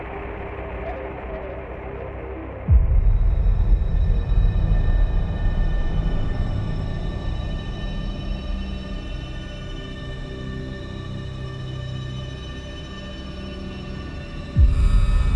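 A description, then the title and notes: An alien-sounding ambience: a low rumble with steady ringing tones layered above it. Near the three-second mark it abruptly swells louder and fuller, then slowly ebbs, before another sudden, brighter surge arrives just before the end. Distant Planet Ambience.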